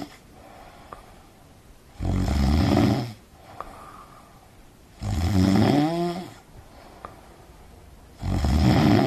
Audio sound effect human snoring.